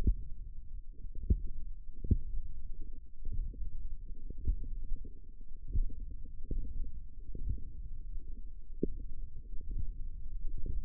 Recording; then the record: forearm muscle sounds (acoustic myography)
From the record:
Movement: index flexion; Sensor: system 1, eight BSWA MPA416 microphones around the upper forearm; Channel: 8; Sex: female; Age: 22 years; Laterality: right